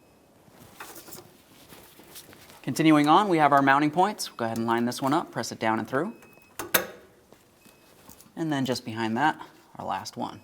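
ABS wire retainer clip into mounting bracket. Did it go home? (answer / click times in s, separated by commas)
yes / 6.8 s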